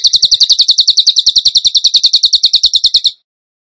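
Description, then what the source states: Bird song: a rapid, even trill of high chattering notes, running steadily for about three seconds, then stopping. Masteran training recording in the tembakan gacor style.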